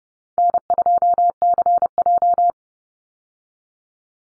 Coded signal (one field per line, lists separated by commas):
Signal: Morse code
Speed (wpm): 30 wpm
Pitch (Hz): 700 Hz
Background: none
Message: N2CJ